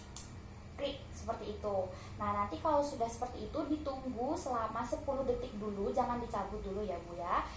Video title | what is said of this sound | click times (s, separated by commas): Konseling Penggunaan Insulin Pen | Ibu bisa menekan di bagian tombolnya sampai bunyi klik seperti itu. | 0.2 s